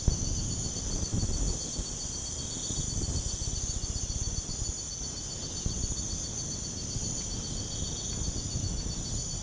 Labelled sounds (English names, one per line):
none